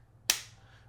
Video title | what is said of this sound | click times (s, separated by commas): Worth It Or Overhyped?? - Mous Lineup For The Samsung Galaxy S26 Ultra | Very solid click onto there. | 0.3 s